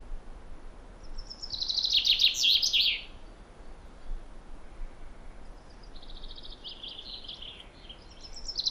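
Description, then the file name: Common chaffinch song: a loud, rattling phrase falling in pitch, then a softer second phrase and the start of a third. "Fringilla coelebs"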